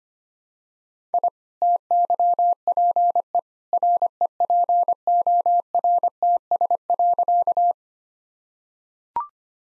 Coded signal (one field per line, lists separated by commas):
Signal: Morse code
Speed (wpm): 25 wpm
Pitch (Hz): 700 Hz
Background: none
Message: I TYPE REPORTS.